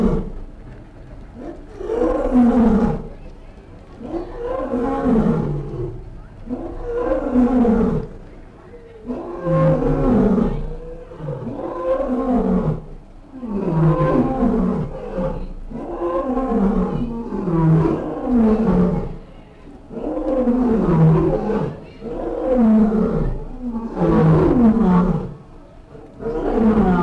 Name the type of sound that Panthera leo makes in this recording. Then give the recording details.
call. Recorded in captivity. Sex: male. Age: adult. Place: Tierpark Berlin, Berlin, DE. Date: 1959-08-20 18:15. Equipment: Reporter (Vollspur). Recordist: TSA. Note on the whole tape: Rufreihen (sechsmal) vom Luchskäfig aus aufgenommen. Abstand 20 m. Aufnahmezeit: 18.15-19.20